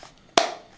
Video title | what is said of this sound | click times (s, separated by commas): Tek-Mount - Better Than Safariland QLS | degree increments forward or back, and it locks into place. | 0.4 s